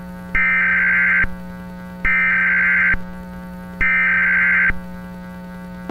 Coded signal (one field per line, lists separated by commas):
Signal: Emergency Alert System (SAME) tones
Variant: header bursts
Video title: EAS mock: Severe Weather Statement for New York city